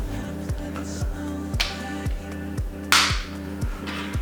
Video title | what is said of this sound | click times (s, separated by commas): PRUSA Mini Clone Build (Part 7) | I like that click how it clicks back into there | 2.9 s